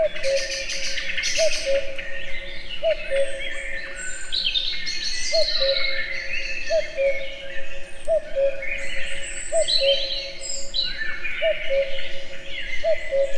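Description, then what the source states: Common cuckoo repeating its cu-coo call many times at somewhat irregular intervals, while many small birds sing and twitter in the background. Wild, in nature, in a forest full of many bird voices, near Egerturistaház, Hungary.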